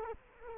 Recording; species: mosquito wingbeat signal from an infrared sensor; Culex quinquefasciatus